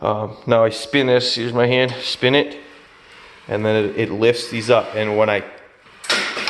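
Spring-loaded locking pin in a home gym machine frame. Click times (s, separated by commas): 6.1 s, 6.5 s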